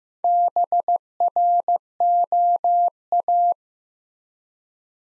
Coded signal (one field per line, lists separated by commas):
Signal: Morse code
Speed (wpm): 15 wpm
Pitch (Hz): 700 Hz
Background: none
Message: BROA